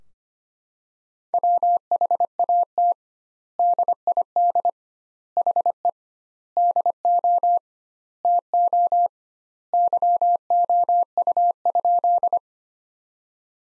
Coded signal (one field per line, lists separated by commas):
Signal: Morse code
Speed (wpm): 25 wpm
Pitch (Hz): 700 Hz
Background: none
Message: WHAT DID HE DO TO YOU?